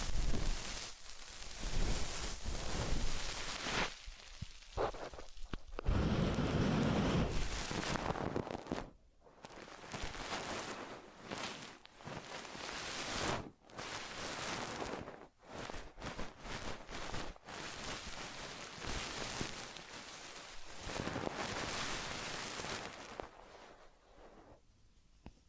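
Ear cleaning and massage sounds: uneven scratchy rubbing and crackling in stop-start bursts, with a heavy muffled rumble around six to eight seconds.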